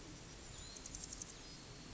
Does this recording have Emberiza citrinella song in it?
no